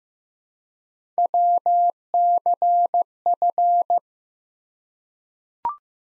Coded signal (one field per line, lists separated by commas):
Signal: Morse code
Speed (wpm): 15 wpm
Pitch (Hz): 700 Hz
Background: none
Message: WCF